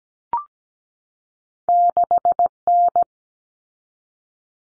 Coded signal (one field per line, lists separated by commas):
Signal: Morse code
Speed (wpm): 17 wpm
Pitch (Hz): 700 Hz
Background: none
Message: 6N